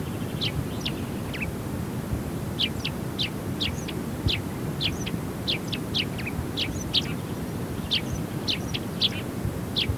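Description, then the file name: Eurasian tree sparrow calls: a few sharp chirps, a brief quiet stretch, then a steady series of sharp chirps, some doubled, against constant low rumbling noise. "Passera Mattugia"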